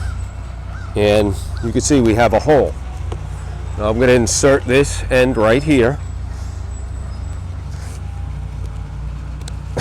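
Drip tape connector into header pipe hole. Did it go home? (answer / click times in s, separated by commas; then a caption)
yes / 9.5 s. A plastic drip tape start connector is pushed into a hole punched in an irrigation header pipe while someone talks over a steady low hum. The fitting snaps into the header hole with a sharp click at 9.5 seconds, seating it in place.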